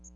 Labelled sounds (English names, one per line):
Magnolia Warbler flight call